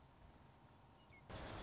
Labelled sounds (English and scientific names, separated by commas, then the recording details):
Western Meadowlark (Sturnella neglecta)
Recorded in Sonoma County, California